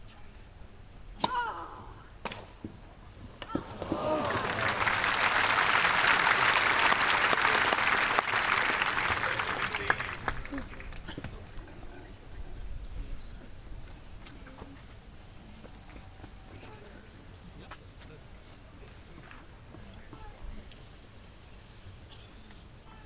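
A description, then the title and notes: On court at a tennis tournament, a burst of crowd applause and cheering swells from about four seconds, peaks near seven, and fades by twelve. Afterwards the crowd settles into a low murmur with scattered voices, sharp knocks and stray claps. On court at Wimbledon. It's the first set and Bouzkova is serving. Recorded by Cities and Memory.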